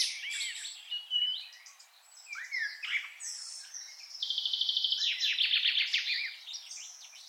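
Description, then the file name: Common blackbird song of high squeaky notes and curved whistles, ending in a fast, even rattling trill, over a faint hiss. "Turdus merula"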